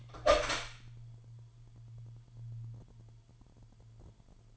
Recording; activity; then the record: daily activity, microphone in the room; open door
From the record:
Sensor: 5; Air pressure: 998.5 hPa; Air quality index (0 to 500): 81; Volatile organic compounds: 1 ppm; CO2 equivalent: 926 ppm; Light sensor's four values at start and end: 34/83/34/38 and 34/83/34/38